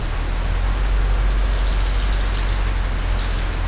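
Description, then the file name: Streaked xenops: a quick run of several very high, thin notes over about a second, over a steady low rumble. Recorded at Esmeralda on 10 July 2015. "Xenops-rutilans--- 2015-07-10-PP-Esmeralda---Jorge-La-Grotteria"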